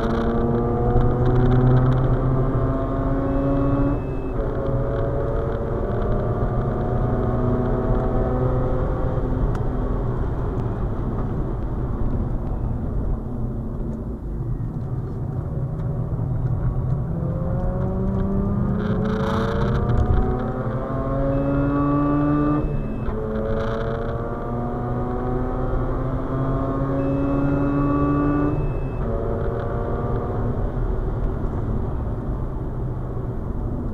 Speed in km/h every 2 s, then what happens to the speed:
116, 125, 136, 146, 136, 98, 54, 50, 61, 81, 93, 104, 118, 128, 139, 113, 78.
0-7 speeds up to 146. 7-14 brakes to 50. 14-29 speeds up to 139. 29-34 brakes to 78.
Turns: 11-17.